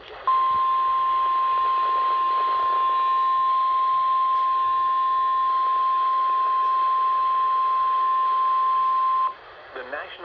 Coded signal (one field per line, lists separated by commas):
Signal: Emergency Alert System (SAME) tones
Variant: 1050 Hz attention tone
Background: speech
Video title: Stations Galore! EAS Alerts from 6/14/21 (EAS #299-310)